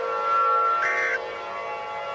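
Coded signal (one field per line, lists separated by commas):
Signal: Emergency Alert System (SAME) tones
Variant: end-of-message bursts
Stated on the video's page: Fictional tsunami alert scenario made with valid emergency alert tones.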